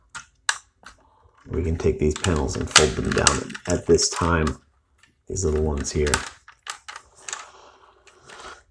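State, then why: Seated. A part of a plastic Zeta Toys Blitzkrieg transforming robot figure is folded down during transformation and snaps into its locked position with one sharp, loud click at 0.5 s. Someone then talks, with a few quieter handling clicks near the end, and the part is seated.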